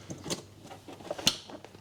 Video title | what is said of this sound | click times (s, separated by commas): Ford Fiesta 1.6 Petrol (2007) - Thermostat and Housing Replacement | yeah that's a positive click | 1.3 s